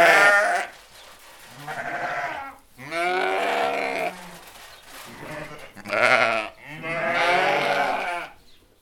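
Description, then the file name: Sheep bleating: several quavering, harmonic bleats of varying length, separated by short pauses. A flock of sheep bleating "be be be". "tieng bay cuu keu be be be"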